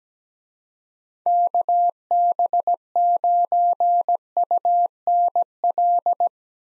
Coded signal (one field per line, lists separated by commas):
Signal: Morse code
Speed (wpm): 17 wpm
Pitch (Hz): 700 Hz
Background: none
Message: KB9UNL